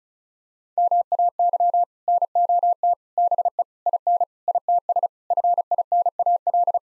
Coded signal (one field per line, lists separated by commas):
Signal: Morse code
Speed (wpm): 36 wpm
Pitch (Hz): 700 Hz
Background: none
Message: MAY NOT BE IN ITS FINAL